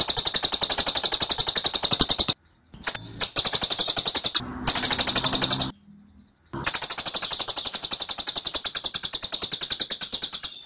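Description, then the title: Scaly-crowned honeyeater song, long rattling series of high, rapid notes, interrupted by short breaks, with a low hum during one brief burst. Dense, insistent, long-duration "tembakan" (rapid-fire) song of an actively singing bird, used as training audio for Oriental magpie-robins. "Tembakan Cililin Rapat Ngotot Durasi Panjang Suara Cililin Gacor Untuk Masteran Murai Batu"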